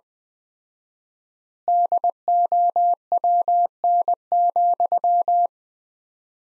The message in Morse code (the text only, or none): DOWN,